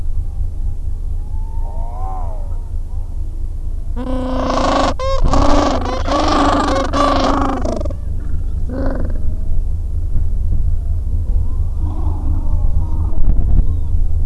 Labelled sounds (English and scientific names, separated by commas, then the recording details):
Gentoo Penguin (Pygoscelis papua)
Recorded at the colony at Godthul, on 25 December 2014
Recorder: Song Meter SM2+